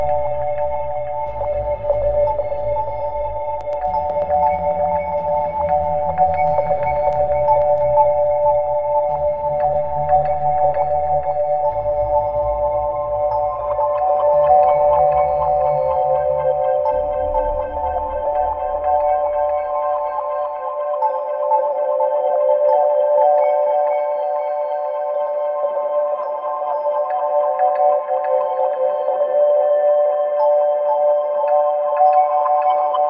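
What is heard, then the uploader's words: Windchimes ring with several sustained metallic tones that overlap and hang in the air, giving a steady shimmering sound. Low humming notes shift beneath them during the first twenty seconds, then drop away, leaving only the bright chime tones ringing on evenly. Hades’ Windchimes.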